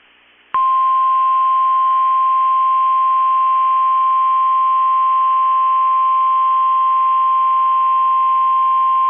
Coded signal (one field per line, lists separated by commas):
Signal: Emergency Alert System (SAME) tones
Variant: 1050 Hz attention tone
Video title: 2/23/22 - KEC65 Required Weekly Test (EAS #366)